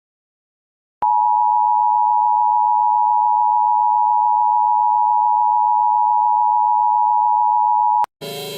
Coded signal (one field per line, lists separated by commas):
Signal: Emergency Alert System (SAME) tones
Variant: 853 and 960 Hz attention tone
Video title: Seychelles 🇸🇨 Earthquake EAS Alarm Mock (FAKE)